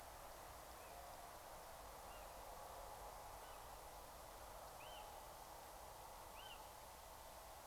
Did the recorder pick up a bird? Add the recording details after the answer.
yes. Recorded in France